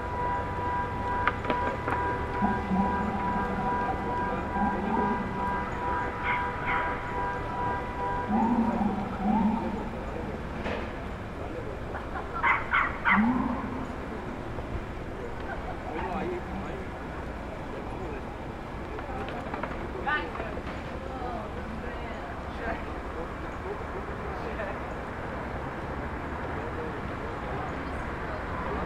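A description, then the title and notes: City ambience from a Brooklyn rooftop facing a park: a steady low traffic rumble runs throughout, with voices drifting up in short bursts during the first fifteen seconds. Scattered clatters and knocks punctuate it, and the scene quiets slightly afterward. 179 Starr Street Rooftop (Starr Street & Irving Ave, Brooklyn) Facing Maria Hernandez Park. Wind: 7mph North East. Rooftop recording facing Maria Hernandez park at sunset.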